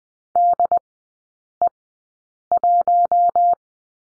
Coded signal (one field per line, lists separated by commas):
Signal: Morse code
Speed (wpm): 20 wpm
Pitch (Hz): 700 Hz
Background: none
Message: DE1